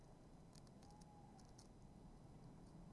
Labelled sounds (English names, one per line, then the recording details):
Tawny Owl
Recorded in Germany
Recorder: ecoPi